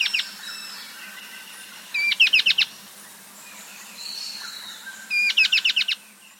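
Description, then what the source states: Warbling antbird song: two bursts of several sharp, high, rapidly repeated notes about three seconds apart, with softer notes between them. South America.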